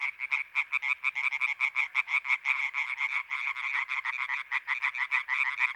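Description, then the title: European tree frog chorus, loud rapid croaking from many frogs, overlapping pulses with a slightly irregular rhythm. Many European tree frogs in intense activity at the Marguilliers pond, Sologne, France, 21 May 1993, an hour after nightfall. "Choeur de rainettes en Sologne"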